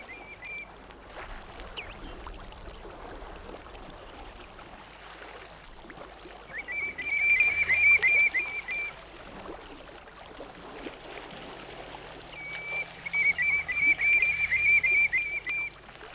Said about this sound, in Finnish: Mutta kauempana on punajalkaviklo soitimella. Se on koiras, joka välillä lepattavin siivin, välillä liitolennossa päästelee soidin ääniä.